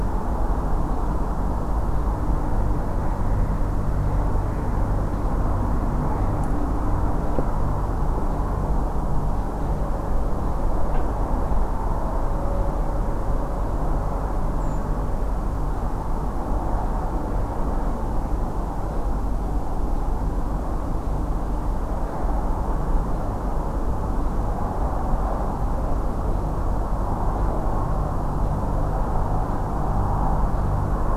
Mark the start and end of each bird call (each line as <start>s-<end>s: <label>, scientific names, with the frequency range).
14.59s-14.79s: Turdus iliacus (6.7-8.1 kHz)